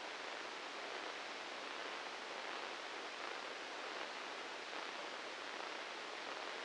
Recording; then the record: brain microelectrode recording played as sound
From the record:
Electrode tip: inside the subthalamic nucleus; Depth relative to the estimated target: 0 mm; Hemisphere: left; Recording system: NeuroSet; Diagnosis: Parkinson's disease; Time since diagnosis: 10 years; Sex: male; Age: 56 years